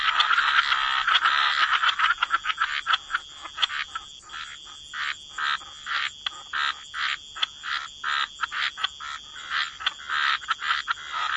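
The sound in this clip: Frogs give a dense croaking chorus that gives way to quick, separate rasping notes over a steady high tone.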